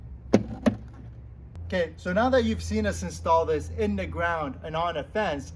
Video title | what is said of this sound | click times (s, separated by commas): How to Mount an OtO Lawn smart device | and then just push it into place and then you'll hear it uh click when it's secure | 0.3 s, 0.7 s